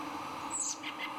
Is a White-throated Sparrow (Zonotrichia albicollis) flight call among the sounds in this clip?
no